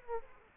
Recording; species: mosquito wingbeat signal from an infrared sensor; Aedes aegypti